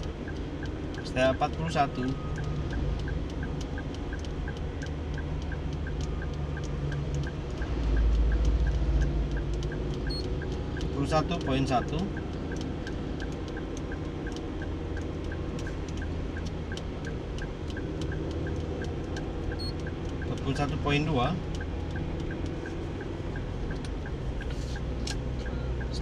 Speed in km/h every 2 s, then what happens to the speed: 38, 38, 39, 40, 41, 41, 42, 44, 44, 44, 44, 44, 45.
0-26 steady at about 42.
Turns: none.